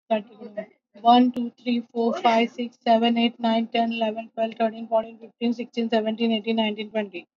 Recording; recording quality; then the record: counting at a normal pace; excellent, no background noise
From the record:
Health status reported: COVID-19 positive, no symptoms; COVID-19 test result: positive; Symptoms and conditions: cough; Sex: female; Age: 45 years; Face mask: worn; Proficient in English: yes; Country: India